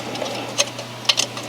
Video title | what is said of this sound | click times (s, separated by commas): “2013 Escalade DIY Cylinder Head Removal — Fixing Cylinder 7 Misfire (Step-by-Step)” | Heard the click already | 1.1 s